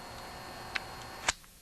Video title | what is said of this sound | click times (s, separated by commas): Small Engines Q & A Video #24 | what you have to do in this case is grab the cover and the handle and move it back till you hear click. | 0.8 s